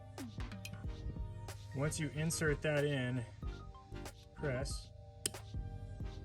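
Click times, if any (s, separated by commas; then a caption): 5.3 s. A flathead screwdriver is inserted at the gray plastic locking piece of the connector clip on a van's stock horn wiring and pressed, while someone talks over background music. A sharp click at 5.3 s marks the lock clicking open, and the piece comes loose.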